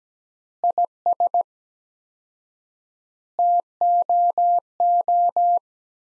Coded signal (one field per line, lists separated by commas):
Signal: Morse code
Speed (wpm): 17 wpm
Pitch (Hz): 700 Hz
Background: none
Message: IS TOO